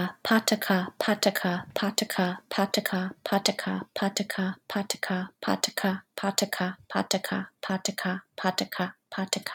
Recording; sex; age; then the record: repeated syllables /pa ta ka/; female; 30 to 39 years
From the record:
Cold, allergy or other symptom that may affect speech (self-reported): no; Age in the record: 30 years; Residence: Illinois, United States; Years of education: 18